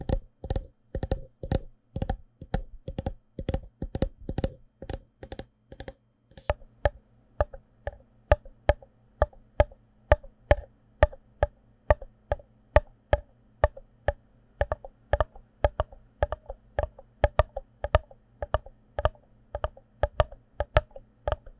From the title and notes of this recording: 紙杯. 紙盒.紙容器觸發. Tapping Cardboard Cups.